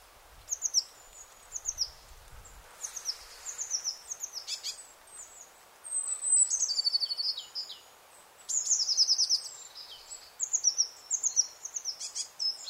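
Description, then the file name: Eurasian blue tit chattering in repeated high, rapid, buzzy phrases in irregular bursts, with a few low faint knocks near the start. "Cyanistes caeruleus"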